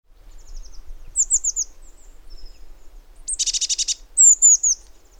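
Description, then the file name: Eurasian blue tit calls: high thin descending notes in quick runs, a dense churring scold in the middle, then loud sharp notes. "Cyanistes caeruleus"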